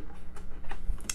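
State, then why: Not seated. A plastic embroidery unit is being slid onto the free arm of a sewing machine and pushed on, with a few soft plastic ticks and taps and one sharper tap near the end. The unit has not seated or snapped into place yet.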